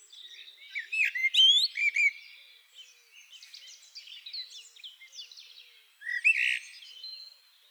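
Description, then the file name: Common blackbird giving loud warbled phrases around the middle pitch range in the first two seconds, then quieter high twittering, with another strong burst near six seconds. "Turdus merula"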